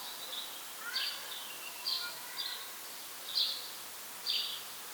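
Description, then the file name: House sparrow chirps, a handful of short sharp notes spaced about a second apart, with fainter twittering early on and a constant hiss behind. "Passer domesticus"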